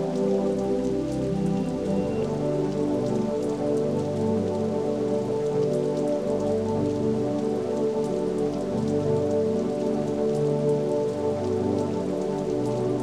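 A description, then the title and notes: Rain falls steadily and densely on a surface, a constant patter with tiny drops ticking through it. Beneath it runs a low, even hum with faint tonal layers, holding level for the whole stretch, with no pauses or sudden events. In a Comfy Recliner on a Rainy Night.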